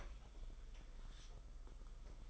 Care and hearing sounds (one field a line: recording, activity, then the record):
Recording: daily activity, microphone in the room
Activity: open fridge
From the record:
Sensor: 5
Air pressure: 991.1 hPa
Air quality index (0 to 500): 113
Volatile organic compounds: 31 ppm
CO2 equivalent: 2970 ppm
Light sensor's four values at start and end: 34/108/41/43 and 34/107/41/44